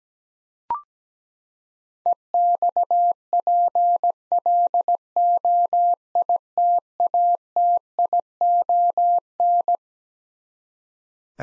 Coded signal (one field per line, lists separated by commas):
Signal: Morse code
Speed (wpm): 17 wpm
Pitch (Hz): 700 Hz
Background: none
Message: EXPLOITATION